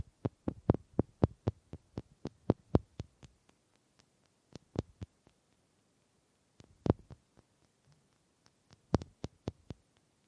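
Sharp wooden taps come in quick bursts, dense for the first three seconds, then sparse single knocks, with another cluster near nine seconds.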